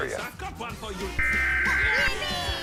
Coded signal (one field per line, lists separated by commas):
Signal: Emergency Alert System (SAME) tones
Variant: header bursts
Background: speech